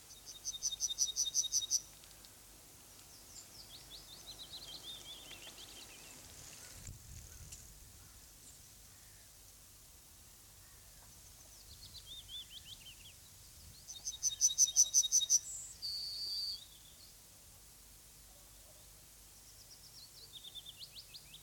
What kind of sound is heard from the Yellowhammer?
song